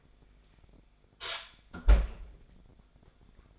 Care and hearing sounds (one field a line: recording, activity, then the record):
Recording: daily activity, microphone in the room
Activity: close fridge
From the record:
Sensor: 5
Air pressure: 1004.7 hPa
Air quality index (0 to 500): 158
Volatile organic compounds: 3 ppm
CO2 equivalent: 1492 ppm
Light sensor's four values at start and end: 24/55/22/21 and 22/51/20/19